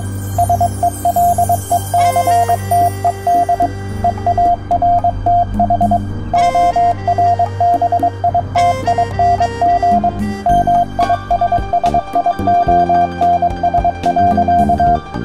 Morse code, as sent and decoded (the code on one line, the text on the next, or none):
... . .-.. . -.-. - . -.. / . .- .-. - .... / --- .-. -... .. - .. -. --. / -- .. ... ... .. --- -. ... .-.-.-
SELECTED EARTH ORBITING MISSIONS.